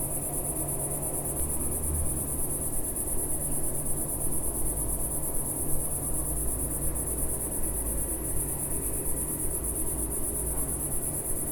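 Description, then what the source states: Cicada singing a continuous high whirring note, with soft low-frequency rumble beneath. Single cicada in a garden in a small village in Picardy, northern France; early evening warmth, among lavender and myrtle bushes.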